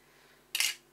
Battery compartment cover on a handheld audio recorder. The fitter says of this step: You have to push on this mesh bit, push it down, and pull, and you'll hear it click.